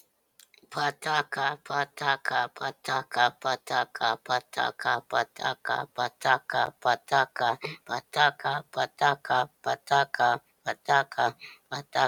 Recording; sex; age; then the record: repeated syllables /pa ta ka/; male; 30 to 39 years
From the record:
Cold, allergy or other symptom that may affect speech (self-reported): no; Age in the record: 37 years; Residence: Pennsylvania, United States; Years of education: 12